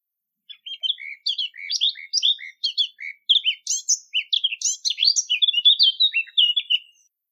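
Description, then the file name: Eurasian blackcap song: a rapid, varied warble of short chirps and trills on an otherwise quiet background. "capinera"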